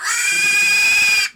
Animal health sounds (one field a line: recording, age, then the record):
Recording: pig call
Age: piglet (1 to 25 days)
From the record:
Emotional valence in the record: negative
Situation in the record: castration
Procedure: castration, shear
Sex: male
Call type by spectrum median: high-frequency call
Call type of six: high-frequency modulated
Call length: 1.35 s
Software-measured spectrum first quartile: 2371 Hz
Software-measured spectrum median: 3081 Hz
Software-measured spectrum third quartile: 6143 Hz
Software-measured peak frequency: 2454 Hz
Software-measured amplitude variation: 83 dB a second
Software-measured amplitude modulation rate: 23.3 a second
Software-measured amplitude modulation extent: 3.6 dB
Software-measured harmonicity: 8.9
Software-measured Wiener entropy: -2.68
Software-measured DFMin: 712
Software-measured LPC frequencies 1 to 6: 1636, 2459, 3249, 4885, 5599, 6818 Hz